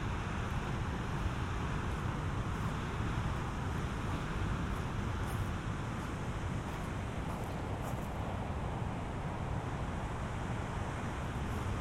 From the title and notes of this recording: A walk on a beach in southern Iceland near Vik. Walk on beach near Vik, Iceland.